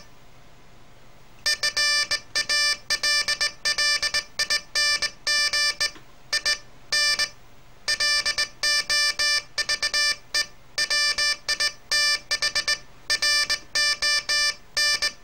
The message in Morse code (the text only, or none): FALLING IN LOVE WITH RON